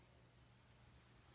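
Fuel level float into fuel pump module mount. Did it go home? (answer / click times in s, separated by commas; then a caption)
no / none. A fuel level float arm is being handled at its plastic attachment on a fuel pump module during a GM fuel pump replacement (Suburban, Silverado, Yukon, Tahoe, Sierra, Denali), before being pushed straight on. Only a steady low hum and broadband noise are heard, with no distinct sounds. Nothing has seated or clicked yet.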